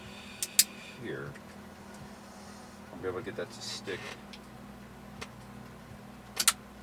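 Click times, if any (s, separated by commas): 6.4 s, 6.5 s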